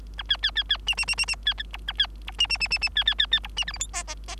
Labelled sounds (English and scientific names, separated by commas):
Bengalese Finch (Lonchura striata domestica) song